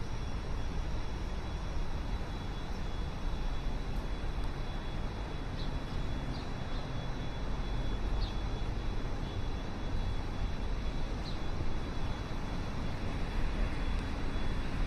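A morning walk along a river in downtown Chicago, filled with a steady, dense city rumble of traffic that holds an even level for the whole stretch. A few faint, short high chirps poke through now and then, around four, six, eight and eleven seconds.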